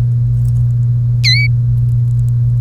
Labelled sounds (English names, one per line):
Domestic Canary song